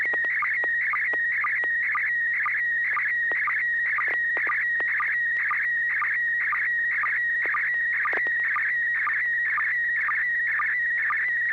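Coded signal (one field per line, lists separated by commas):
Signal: SSTV (slow-scan television)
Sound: continuous warbling, wavering whistle with short, regular low ticks about twice per second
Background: low steady hum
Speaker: at least one building maybe two side by side with two different uh uh geez i can't name the architecture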